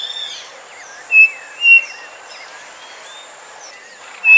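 Bird giving short, high whistled notes in loud bursts, with fainter chirps and a steady hiss behind.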